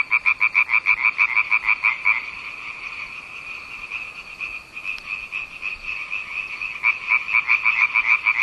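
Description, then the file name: Frog croaking in fast, pulsed rattling bursts at the start and end, with softer steady croaking between. "zaby"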